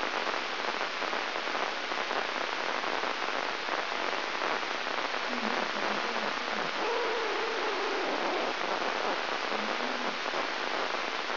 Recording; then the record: brain microelectrode recording played as sound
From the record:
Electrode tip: inside the subthalamic nucleus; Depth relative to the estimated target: -1 mm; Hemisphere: right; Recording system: AlphaMap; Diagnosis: Parkinson's disease